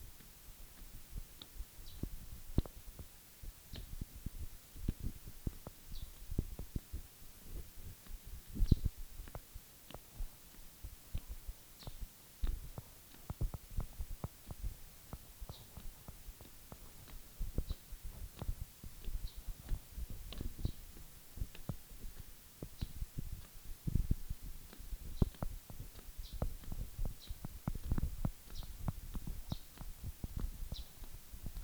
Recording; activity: daily activity, guitar pickup as the sensor; walk